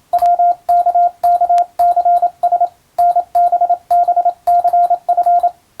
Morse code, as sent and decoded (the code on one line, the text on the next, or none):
.-- -.- -.- -.-. ... / -. -... -... -.-. ..-.
WKKCS NBBCF